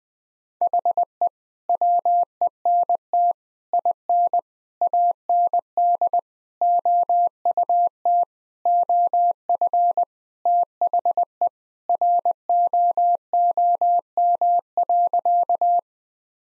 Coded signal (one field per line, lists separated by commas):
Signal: Morse code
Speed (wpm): 20 wpm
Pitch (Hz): 700 Hz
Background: none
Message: HE WENT IN AND OUT OF THE ROOM.